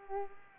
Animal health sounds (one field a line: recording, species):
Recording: mosquito wingbeat signal from an infrared sensor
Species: Culex pipiens